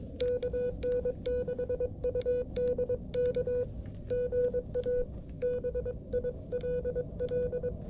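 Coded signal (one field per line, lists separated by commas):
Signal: Morse code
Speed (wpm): 22 wpm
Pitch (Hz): 490 Hz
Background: none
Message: KN6UDK GA BILL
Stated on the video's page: Portable activation using a QRP Labs QMX rig with a kit key, Just Ok Mini antenna and 9V batteries, heard through a speaker.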